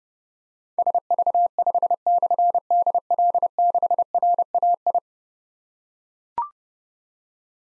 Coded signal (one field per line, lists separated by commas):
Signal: Morse code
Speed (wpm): 28 wpm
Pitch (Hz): 700 Hz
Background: none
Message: SV5/DL6RAI